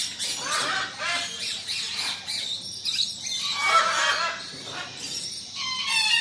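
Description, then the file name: Parrots squawking and chattering in a dense, overlapping chorus of harsh and whistled calls, with high screeches throughout. Tropical aviary ambience with parrots and parakeets, a speaking parrot close up, Australia. "zapsplat animals birds tropical avery ambience parrots parakeets voices mower background. australia"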